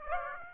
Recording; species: mosquito wingbeat signal from an infrared sensor; Aedes aegypti